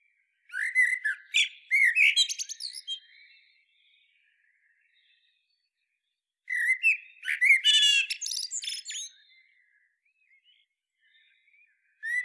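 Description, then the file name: Common blackbird singing two long phrases of flutey whistles and twittering squeaks, with a third phrase just starting at the end. "Turdus merula"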